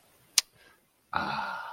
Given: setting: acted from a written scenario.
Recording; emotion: vocal sound without words; contentment